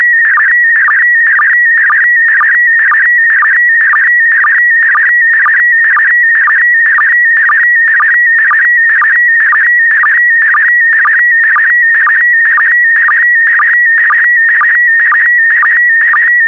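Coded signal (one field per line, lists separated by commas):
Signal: SSTV (slow-scan television)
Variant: PD120 mode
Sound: warbling electronic tone near 1.9 kHz with rhythmic low chirps twice a second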